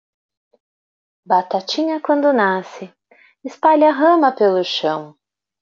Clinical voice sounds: short text; Brazilian Portuguese; female; 40 to 49 years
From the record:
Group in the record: control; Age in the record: 43 years

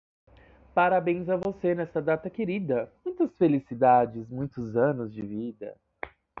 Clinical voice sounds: short text; Brazilian Portuguese; male; 20 to 29 years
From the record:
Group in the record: control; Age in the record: 26 years

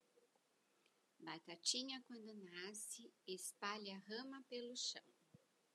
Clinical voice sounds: short text; Brazilian Portuguese; female; 50 to 59 years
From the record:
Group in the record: control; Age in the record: 55 years

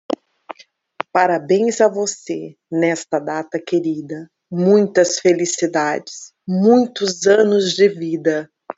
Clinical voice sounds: short text; Brazilian Portuguese; female; 40 to 49 years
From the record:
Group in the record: control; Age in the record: 47 years

